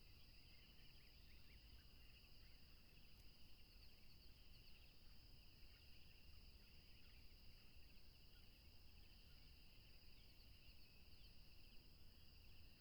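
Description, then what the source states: Crickets trill unbroken on two high steady pitches over a constant deep rushing noise, with no other clear calls. Tropical river setting.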